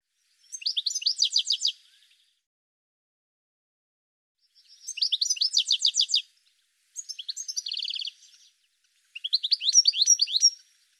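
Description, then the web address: Bird giving bursts of rapid, high chirps, each run lasting one to two seconds, four bursts with pauses between, one a steadier buzzy trill. "cianscape birddata Deverinetal 2025 File cleaned normalized Bird"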